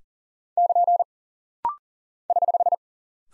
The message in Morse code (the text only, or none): <KN> <HH>